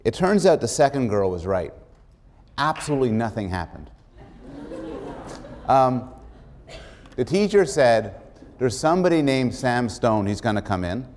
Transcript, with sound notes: It turns out the second girl was right. Absolutely nothing happened. [laughter] The teacher said, "There is somebody named Sam Stone who's going to come in."